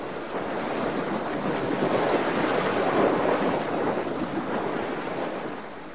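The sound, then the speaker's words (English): Steady rushing wind and churning surf wash against a sailing boat as it shoots through the waves towards a lighthouse, its sail swinging round and filling out. A broad continuous roar swells gently and never pauses, with no voices. “We're shooting through the waves, racing towards the lighthouse.”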